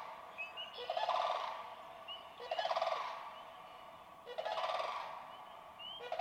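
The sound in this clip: Sandhill crane rattled bugles repeated about every one and a half seconds, with a few thin higher notes between calls.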